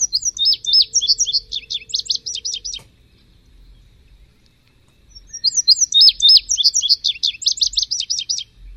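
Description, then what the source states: Indigo Bunting song: two bright, high phrases of quick paired and slurred notes, separated by a silent pause. Played to illustrate a written description of the song; heard by the host as a repeated 'sweet, sweet, sweet'.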